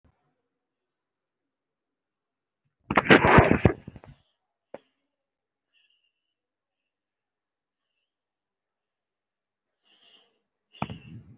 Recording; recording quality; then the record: deep breathing; moderate, slight background noise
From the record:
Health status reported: recovered from COVID-19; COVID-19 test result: positive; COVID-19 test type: RT-PCR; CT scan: taken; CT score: 0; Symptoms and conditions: cough, cold, breathing difficulty, sore throat, fatigue, another respiratory illness, another condition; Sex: female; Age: 25 years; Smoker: no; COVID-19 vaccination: both doses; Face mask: worn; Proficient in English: yes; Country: India